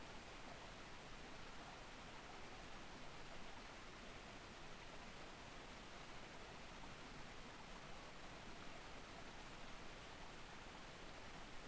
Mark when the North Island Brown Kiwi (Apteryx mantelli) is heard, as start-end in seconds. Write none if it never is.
none